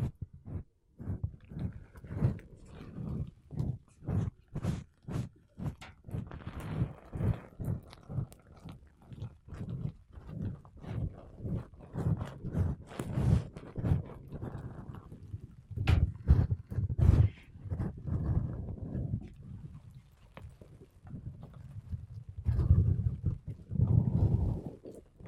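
Makeup brushes and a sponge rub and brush against a mic in quick, regular soft strokes, dense low thumps with brief pauses throughout.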